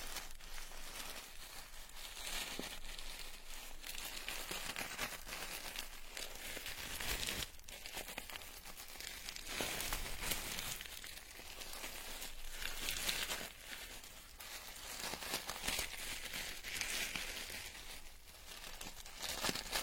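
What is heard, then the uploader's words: Dismantling dragon beard sugar: a continuous run of fine crinkling and crackling, dense and papery, with bright rustles that swell and ease in waves every few seconds. Brief sharper crackles and pauses punctuate it, and a low rumble sits underneath. Dismantling dragon beard sugar ear picking SPA.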